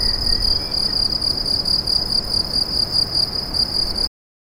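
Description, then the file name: Cricket chirping, fast high pulses forming a constant trill that stops abruptly near the end. "grillons"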